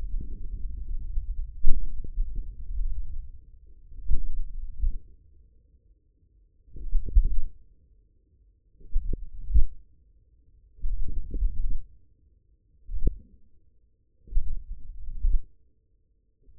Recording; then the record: forearm muscle sounds (acoustic myography)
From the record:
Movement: tripod grip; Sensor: system 1, eight BSWA MPA416 microphones around the upper forearm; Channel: 5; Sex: male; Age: 54 years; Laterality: right